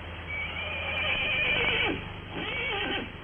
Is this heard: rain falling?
no